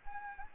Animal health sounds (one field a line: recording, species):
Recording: mosquito wingbeat signal from an infrared sensor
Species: Anopheles arabiensis